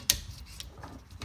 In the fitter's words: until we hear that click, like that. And then we know it's seated.